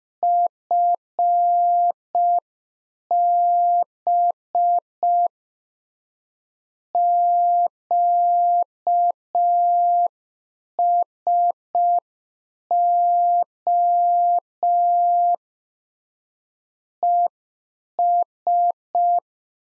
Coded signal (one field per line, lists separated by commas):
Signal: Morse code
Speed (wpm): 5 wpm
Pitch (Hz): 700 Hz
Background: none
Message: FB QSO ES